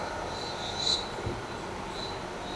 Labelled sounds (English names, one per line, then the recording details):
none
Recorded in shrubland near Pivijay, Magdalena, Colombia, on 13 April 2023 at 13:30
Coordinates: 10.453, -74.365
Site P5-G022